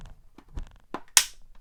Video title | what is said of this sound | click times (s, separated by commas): Star Wars The Vintage Collection Darth Vader's TIE Advanced Review! | You can just hear that little click there, | 1.2 s